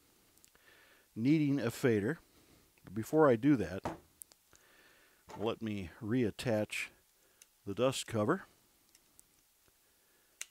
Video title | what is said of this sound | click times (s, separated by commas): Video session 5 Selmark fader mounting | And that snaps into place. | 10.4 s